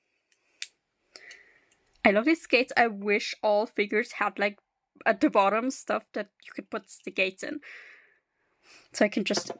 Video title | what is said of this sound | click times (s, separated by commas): Turning Playmobil Characters Into OCs - Blind Box Edition # 1 | And these skates also, they click in place. | 0.6 s